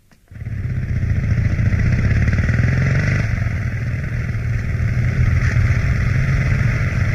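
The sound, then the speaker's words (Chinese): A motorcycle engine kicks in abruptly and keeps up a loud, steady, low rumbling drone with a gritty buzz as it carries two passengers toward a hotel in northern Shanghai, holding even volume to the end with no voices. “摩托车载着田海、周达驶往上海北区的一座幽静典雅的饭店。”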